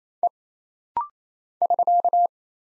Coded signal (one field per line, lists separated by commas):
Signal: Morse code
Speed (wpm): 27 wpm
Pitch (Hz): 700 Hz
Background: none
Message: E <SK>